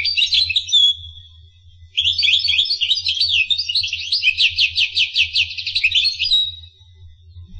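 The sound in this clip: Finch song: a short trill and thin whistle, a pause, then a long stretch of rapid rolling chirps and rattles.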